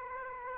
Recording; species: mosquito wingbeat signal from an infrared sensor; Aedes aegypti